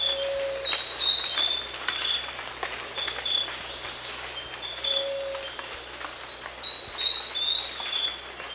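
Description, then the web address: Tawny-throated leaftosser song: a quick series of squeaky whistled notes that step downward, heard twice, over a steady high insect hum and a low steady tone. South America, eastern lowlands. "ENTER Music and Audio. Nature Songs S America Eastern Lowlands. Sclerurus mexicanus, song"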